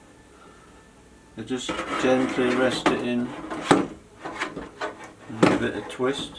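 A bread pan is gently lowered and rested into the chamber of a Panasonic SD-ZX2522 bread maker before being twisted to lock. Someone talks over soft rubbing and handling sounds from about 1.4 seconds on. Nothing has seated or clicked yet.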